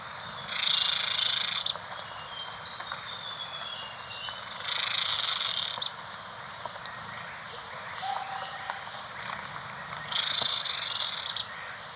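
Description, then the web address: White-sided flowerpiercer repeating a very high, dry buzzy trill about every four to six seconds, each burst lasting roughly a second, over a faint hiss. Recorded in Ecuador. "Birds of Ecuador. White-sided Flowerpiercer"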